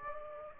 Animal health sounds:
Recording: mosquito wingbeat signal from an infrared sensor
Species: Aedes aegypti

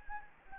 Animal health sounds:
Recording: mosquito wingbeat signal from an infrared sensor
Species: Anopheles gambiae

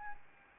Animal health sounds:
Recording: mosquito wingbeat signal from an infrared sensor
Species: Aedes albopictus

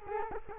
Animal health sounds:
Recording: mosquito wingbeat signal from an infrared sensor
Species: Culex quinquefasciatus

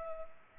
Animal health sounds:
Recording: mosquito wingbeat signal from an infrared sensor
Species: Culex pipiens

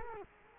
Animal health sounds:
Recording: mosquito wingbeat signal from an infrared sensor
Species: Culex quinquefasciatus

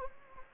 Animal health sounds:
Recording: mosquito wingbeat signal from an infrared sensor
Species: Anopheles gambiae

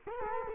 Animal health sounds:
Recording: mosquito wingbeat signal from an infrared sensor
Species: Culex quinquefasciatus

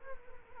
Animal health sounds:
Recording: mosquito wingbeat signal from an infrared sensor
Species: Culex quinquefasciatus

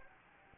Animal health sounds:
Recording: mosquito wingbeat signal from an infrared sensor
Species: Anopheles gambiae

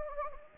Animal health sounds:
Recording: mosquito wingbeat signal from an infrared sensor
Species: Anopheles gambiae

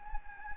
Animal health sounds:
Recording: mosquito wingbeat signal from an infrared sensor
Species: Anopheles gambiae

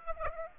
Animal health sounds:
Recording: mosquito wingbeat signal from an infrared sensor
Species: Aedes aegypti

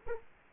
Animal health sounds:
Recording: mosquito wingbeat signal from an infrared sensor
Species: Culex quinquefasciatus

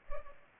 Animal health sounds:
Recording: mosquito wingbeat signal from an infrared sensor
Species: Culex pipiens

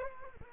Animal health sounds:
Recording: mosquito wingbeat signal from an infrared sensor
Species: Culex quinquefasciatus

